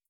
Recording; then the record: hydrophone in a shrimp aquaculture tank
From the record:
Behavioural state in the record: starved